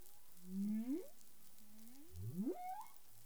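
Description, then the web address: Humpback whale calls: a low groan bending upward, a softer rising note, then a low note rising steeply into a high whistled sweep, over steady water hiss. On 19 April 2021 at 08:20:42 UTC. "CARIMAM. humpback whale 20210419 082042 UTC"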